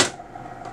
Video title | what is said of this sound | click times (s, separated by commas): Brother MFC 7440n - How to Change Your Toner - Onyx Imaging | Just follow the guides, and once you hear it click, | 0.0 s